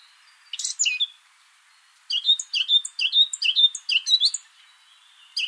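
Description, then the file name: Eurasian blackcap with a brief burst of notes, a pause of about a second, then a quick run of chirpy, slurred notes, a pause, and the start of a further note at the end. "Sylvia atricapilla"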